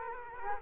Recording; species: mosquito wingbeat signal from an infrared sensor; Culex quinquefasciatus